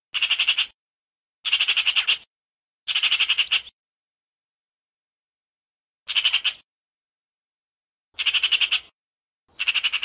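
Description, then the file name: Eurasian magpie chattering calls, six harsh rattling bursts of rapid clicks, separated by short silences. "Gazza"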